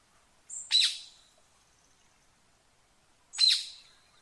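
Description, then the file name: Rose-ringed parakeet giving two single sharp, screechy calls about three seconds apart, with silence between. "Canto do periquito indiano"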